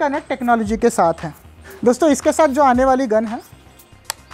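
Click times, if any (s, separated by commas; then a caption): 4.1 s. Someone talks over background music, then the plastic trigger lock on the underside of the spray gun of a Bosch Advanced Aquatak 140 high-pressure washer with a 2100-watt induction motor is moved into its locked position. A single sharp click sounds at 4.1 s, and the trigger is locked, a safety measure because the machine's very high pressure could easily cause injury.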